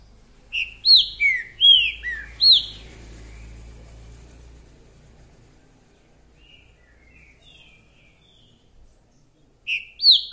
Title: Esse É PERFEITO Para ESQUENTAR Seu TRINCA Piando, Cantando E Macheando Na DISPUTA. TRINCA FERRO REPETIDOR !! UM CANTO ATRÁS DO OUTRO!!! TRINCA FERRO MERCENARIO!